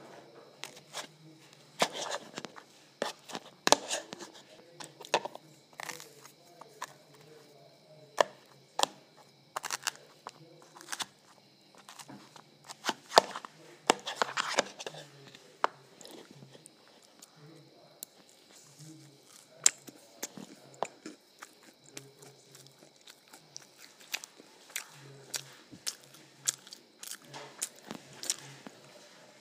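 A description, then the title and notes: Someone eats ice cream and waffles, with frequent sharp crunches and bites scattered unevenly across the clip, clustering densely between about 2 and 16 seconds. Soft chewing, wet mouth sounds and a faint low murmur fill the gaps, while a thin steady whine runs underneath throughout. Eating Ice Cream and Waffles.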